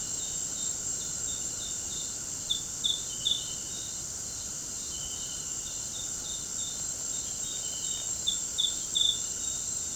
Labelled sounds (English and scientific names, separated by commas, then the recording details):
none
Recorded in pastures near Puerto Asís, Putumayo, Colombia, on 25 June 2025 at 18:30
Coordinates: 0.472, -76.331
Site G095